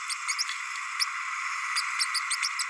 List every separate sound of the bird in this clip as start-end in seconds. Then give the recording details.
0.38-0.44, 0.99-1.05. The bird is a male. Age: 30 days. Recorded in a nest box in Venezuela. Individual 17B32A6